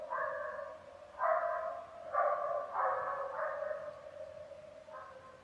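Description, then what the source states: Coyote howling: a series of short wavering howled notes, about one a second, ending with a softer note. Several coyotes, recorded 5 November 2015.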